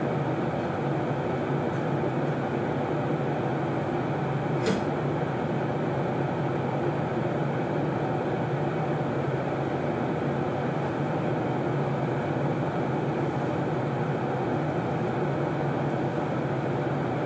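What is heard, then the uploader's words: Airplane background noise: a steady, dense rumble of engine and airflow that holds at the same level throughout, weighted toward the low and middle range with a soft hiss above. A single brief click or tick cuts through near the five-second mark. Airplane Background Noise.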